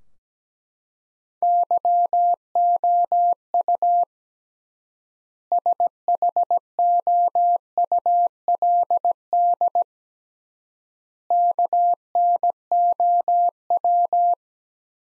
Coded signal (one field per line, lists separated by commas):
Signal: Morse code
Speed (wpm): 17 wpm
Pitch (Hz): 700 Hz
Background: none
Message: YOU SHOULD KNOW